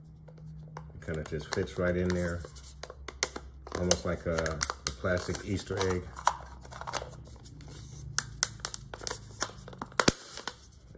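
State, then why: Seated. A plastic lid is pressed onto a collectible toy figure's egg-shaped crib, a crib likened to a plastic Easter egg, while someone talks. Light plastic handling clicks and taps are followed by a sharp snap at 10.0 s as the lid seats in place, closing the crib.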